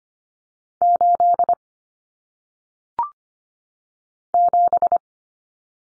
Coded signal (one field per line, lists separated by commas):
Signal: Morse code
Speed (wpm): 25 wpm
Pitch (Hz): 700 Hz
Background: none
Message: 8 7